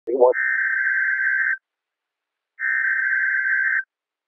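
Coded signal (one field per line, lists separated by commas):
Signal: Emergency Alert System (SAME) tones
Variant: header bursts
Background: speech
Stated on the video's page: NOAA Weather Radio required weekly test tones from the Seattle area, live audio.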